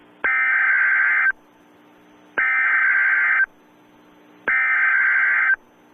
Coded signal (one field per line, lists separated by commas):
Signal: Emergency Alert System (SAME) tones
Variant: header bursts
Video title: EAS Scenario: Nuclear Missile Attack II (Part 2)